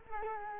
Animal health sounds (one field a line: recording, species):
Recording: mosquito wingbeat signal from an infrared sensor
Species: Culex quinquefasciatus